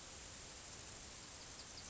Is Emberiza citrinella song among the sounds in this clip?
no